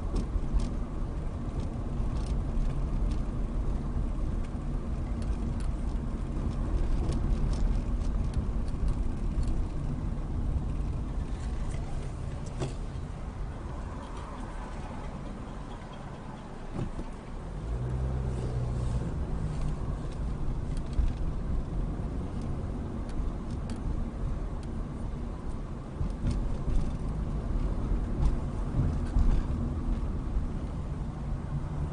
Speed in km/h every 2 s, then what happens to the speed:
24, 24, 24, 23, 15, 11, 6, 0, 0, 16, 24, 23, 23, 24, 23, 16.
0-7 steady at about 24. 7-15 slows to 0. 16-20 pulls away to 24. 20-27 steady at about 23. 27-29 brakes to 16.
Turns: 9-12, 15-19, 28-32.